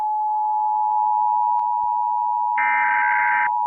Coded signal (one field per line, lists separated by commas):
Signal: Emergency Alert System (SAME) tones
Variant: 853 and 960 Hz attention tone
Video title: SCP 2316 EAS ALERT • Horror attempt •